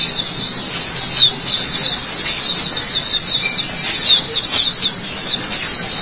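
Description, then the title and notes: White-eye song: a high, rapid, warbled twittering that pulses slightly in loudness but never stops. White-eye chirping song. "Kicauan Burung Pleci Durasi Panjang. Suara kicauan burung pleci"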